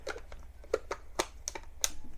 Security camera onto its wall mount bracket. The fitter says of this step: there you go you'll hear it click so there you go now it's it's ready to go and